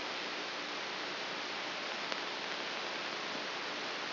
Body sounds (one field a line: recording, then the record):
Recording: brain microelectrode recording played as sound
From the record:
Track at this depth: inside the subthalamic nucleus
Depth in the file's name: 3.003 mm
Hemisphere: left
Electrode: 2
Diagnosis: Parkinson's disease